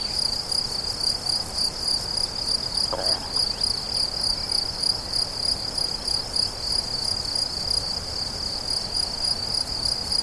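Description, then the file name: Cricket song as a continuous shrill pulsing trill, roughly three pulses a second, with one brief lower sound early on. Crickets recorded on 17 July 2013 at La Fortiche with a MZ-N710 recorder. "grillons la fortiche 17 07 13"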